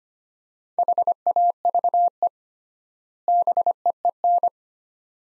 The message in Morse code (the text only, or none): HAVE BEEN